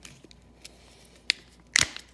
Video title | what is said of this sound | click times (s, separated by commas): How to fix a JBL Flip 4 | hear it pop into place all right | 1.3 s, 1.8 s